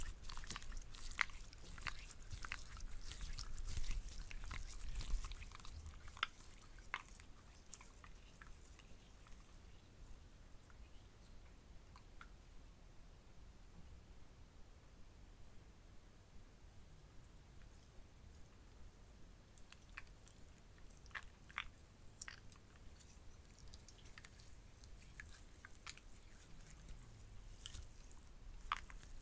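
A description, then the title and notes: Slime being squished, popped and crunched, with dense clusters of sharp little clicks and pops, busiest in the first six seconds and again after about nineteen seconds. A steady low rumble sits underneath, and the middle stretch is quieter with scattered crackles. ASMR WITH BAD SLIME & GOOD SLIME Popping & Crunching For TingleSss.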